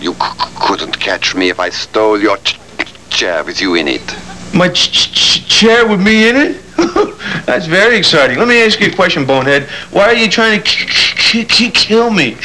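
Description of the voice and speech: A man speaks in animated bursts with stretched sounds at word starts, a repeated phrase and a sound repetition on 'k-kill'. These fit stuttering with prolongations and part-word repetitions, acted.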